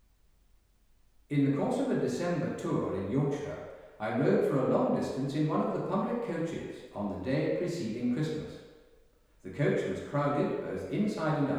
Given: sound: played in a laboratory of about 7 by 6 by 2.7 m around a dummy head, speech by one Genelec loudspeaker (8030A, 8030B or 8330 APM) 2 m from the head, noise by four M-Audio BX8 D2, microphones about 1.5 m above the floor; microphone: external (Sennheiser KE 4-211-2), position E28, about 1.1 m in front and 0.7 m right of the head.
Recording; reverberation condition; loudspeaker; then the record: male speech in English; high; 90 degrees to the right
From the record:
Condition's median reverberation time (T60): about 1300 ms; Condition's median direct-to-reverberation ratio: about -4.0 dB